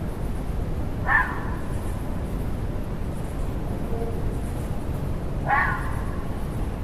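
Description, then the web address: Fox producing a pair of softer, harsh barks about four seconds apart, with a persistent low rumble beneath. Fox recorded in a forest. "audio bosco volpina"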